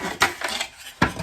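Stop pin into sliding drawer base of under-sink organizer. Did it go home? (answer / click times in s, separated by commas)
yes / 1.0 s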